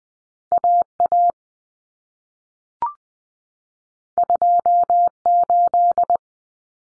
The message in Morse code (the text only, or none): AA 28